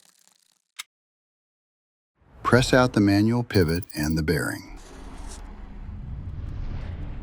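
On a Work Sharp RMX folding knife opened to about 45 degrees, the metal pivot screw in the handle is turned loose with a wrench tool, and a single sharp click at 0.8 s marks it coming free. A few faint ticks come before it, then silence until someone talks from about 2.3 s over a low background hum. The pivot screw is released.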